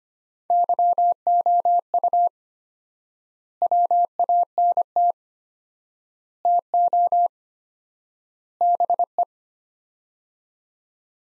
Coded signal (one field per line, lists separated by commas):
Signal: Morse code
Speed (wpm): 25 wpm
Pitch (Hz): 700 Hz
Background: none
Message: YOU WANT TO BE